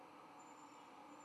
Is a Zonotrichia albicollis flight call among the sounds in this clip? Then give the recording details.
no. No flight call is heard. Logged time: 01:41 on 11 November 2014